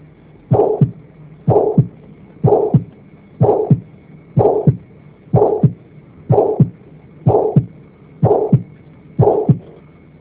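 Adult heart heard through a stethoscope, with a mid-systolic murmur.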